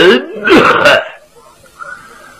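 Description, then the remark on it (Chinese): A man's voice imitates a gruff, throaty cough as the old white-bearded character Tao Fu'an clears his throat, in a storytelling broadcast on Beijing radio 品味1033 (2017): a quick cluster of two or three harsh bursts lasting about a second, followed by near silence. “陶福安那人稳当，手托着白胡，先咳嗽了一声。”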